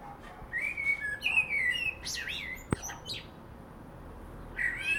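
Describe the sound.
Common blackbird singing mellow whistled phrases that climb into high, scratchy flourishes, with a sharp click midway and a new phrase starting at the end.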